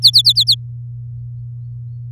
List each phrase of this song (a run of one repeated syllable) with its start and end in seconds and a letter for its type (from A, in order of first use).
0.02-0.55 A